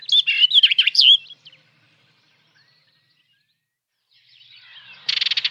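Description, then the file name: Barred warbler song: a fast, scratchy warbling burst of about a second, a long pause, then a harsh, buzzy rattle at the end. "hoksangare"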